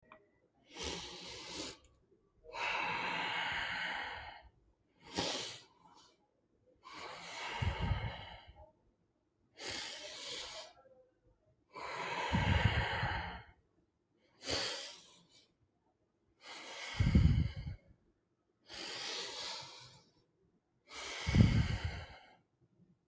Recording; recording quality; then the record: deep breathing; excellent, no background noise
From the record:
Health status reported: healthy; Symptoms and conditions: none ticked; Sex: male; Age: 30 years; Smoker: not ticked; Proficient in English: yes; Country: India